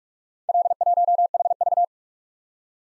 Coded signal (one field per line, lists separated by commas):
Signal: Morse code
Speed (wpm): 43 wpm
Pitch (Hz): 700 Hz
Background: none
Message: L1HV